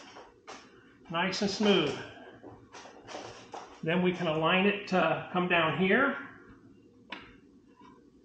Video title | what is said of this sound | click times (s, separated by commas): Heybike Ranger - How to Assemble - Pedal Sensor and Controller Replacement | and it'll snap into place once you have that in | 7.1 s